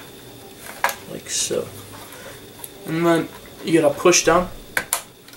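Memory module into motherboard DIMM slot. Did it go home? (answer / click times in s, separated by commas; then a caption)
yes / 4.8 s, 4.9 s. A 2 GB memory stick is pushed down into a motherboard DIMM slot while someone talks. Two sharp clicks at 4.8 s and 4.9 s mark the retaining clips snapping shut on both sides, seating the module.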